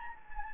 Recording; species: mosquito wingbeat signal from an infrared sensor; Anopheles gambiae